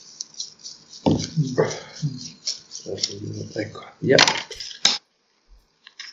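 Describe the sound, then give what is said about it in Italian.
Playing cards being shuffled before a card is drawn, a rapid papery riffle of clicks beneath a man's speech, swelling into a brief louder flurry before falling almost silent. “Aspetta, fammi mischiare che l'ho messo in...”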